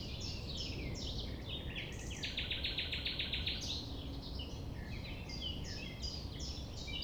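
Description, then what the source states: Common nightingale song with a strong buzzy trill, amid overlapping twittering and chirping from other birds and a constant low background rumble. Recorded at 6 a.m. at sunrise near the Thève, at Champ de Ménage; the nightingale sings without waiting for silence.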